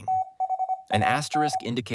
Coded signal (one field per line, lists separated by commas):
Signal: Morse code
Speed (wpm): 24 wpm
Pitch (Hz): 750 Hz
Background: speech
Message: THAN